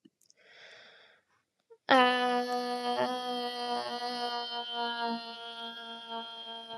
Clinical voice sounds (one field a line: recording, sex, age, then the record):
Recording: vowel held as long as possible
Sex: female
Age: 20 to 29 years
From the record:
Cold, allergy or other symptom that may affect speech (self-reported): no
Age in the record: 26 years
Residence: Indiana, United States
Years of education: 12